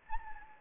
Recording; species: mosquito wingbeat signal from an infrared sensor; Anopheles gambiae